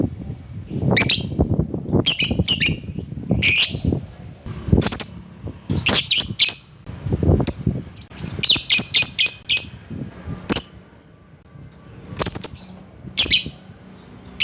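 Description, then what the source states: Lovebird calls: irregular shrill chirps and quick chattering runs, mixed with low clattering noise. Lovebird calling to a rival.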